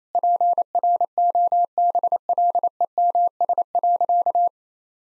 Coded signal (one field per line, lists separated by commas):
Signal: Morse code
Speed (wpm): 27 wpm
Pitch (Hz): 700 Hz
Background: none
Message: PROBLEMS.